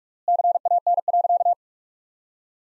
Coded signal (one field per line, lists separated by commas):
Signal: Morse code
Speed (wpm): 42 wpm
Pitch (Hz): 700 Hz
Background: none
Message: CAN.